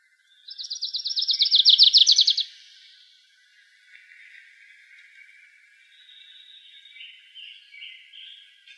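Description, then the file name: Grace's warbler song: a rapid trill of crisp repeated notes rising in loudness for about two seconds, followed by quiet with a few faint notes. Recorded in Arizona on 16 May 2003. "GRWA 3 deviche"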